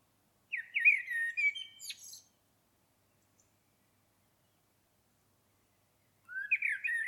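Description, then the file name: Common blackbird singing two fluted warbling phrases separated by several seconds of silence, the first ending in thin, high squeaks. "Turdus merula"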